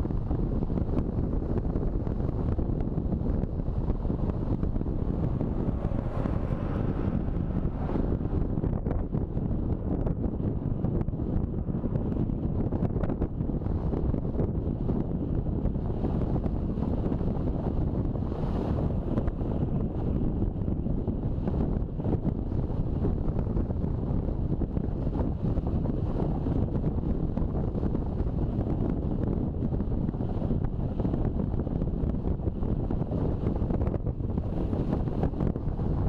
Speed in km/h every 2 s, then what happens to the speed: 40, 40, 40, 38, 37, 39, 37, 34, 31, 30, 26, 25, 26, 26, 27, 27, 25, 25.
0-11 steady at about 39. 11-21 slows to 25. 21-36 steady at about 26.